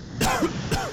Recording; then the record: coughing mixed with background sound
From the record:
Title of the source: Coughing 51